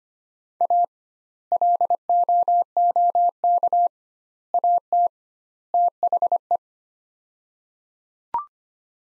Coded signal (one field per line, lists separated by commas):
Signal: Morse code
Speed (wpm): 25 wpm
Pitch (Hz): 700 Hz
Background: none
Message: A LOOK AT THE